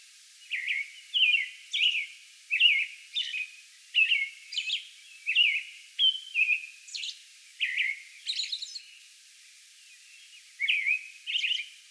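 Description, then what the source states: American robin song: a quick series of whistled carols with occasional high squeaky notes, then a short pause before a final pair of phrases. Song bout recorded May 11.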